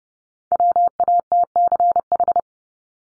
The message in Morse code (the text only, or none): WATCH